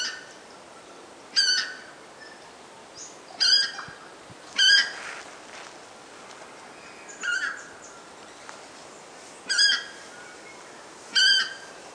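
Purple moorhen giving loud, harsh nasal calls with a rich harmonic stack, repeated every one to three seconds over a constant hiss of background noise.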